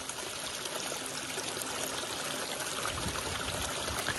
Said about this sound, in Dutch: Dit is het geluid van de leegstromende kwelder op het Groningse Wad. Twee keer per dag stroomt het gebied vol om bij eb weer leeg te stromen. En dat gaat met kracht, zoals u hoort. Overal lopen gultjes die het water luidruchtig afvoeren.